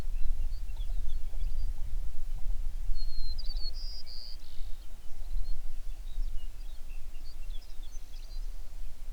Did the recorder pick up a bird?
yes